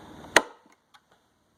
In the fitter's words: Snapped right in. It's not jiggling around. It's a good tight fit.